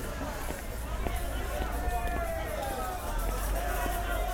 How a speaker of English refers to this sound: There's a parade today. A woman dressed in a long black gown is towering over the crowd. She's wearing stilts.